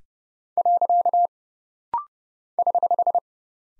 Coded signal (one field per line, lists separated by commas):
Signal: Morse code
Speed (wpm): 30 wpm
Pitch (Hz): 700 Hz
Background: none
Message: . <HH>